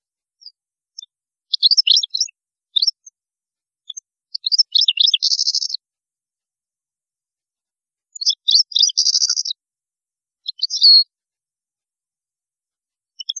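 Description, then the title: European goldfinch twittering in short phrases, some with a buzzy rattle, separated by pauses, with scattered single chips. "Chant Chardonneret"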